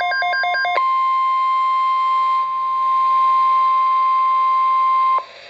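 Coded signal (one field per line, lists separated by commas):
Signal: Emergency Alert System (SAME) tones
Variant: 1050 Hz attention tone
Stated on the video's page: Real NOAA Weather Radio Severe Thunderstorm Watch SAME alert.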